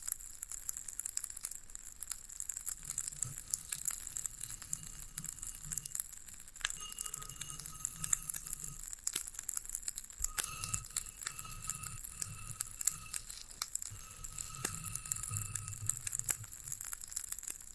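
Floral foam being handled and pressed, giving a steady stream of dry crackles, crumples and small tearing sounds throughout. Sharp clicks pop out every second or so, over a soft low rumbling underneath and a constant high hiss with faint tonal whines.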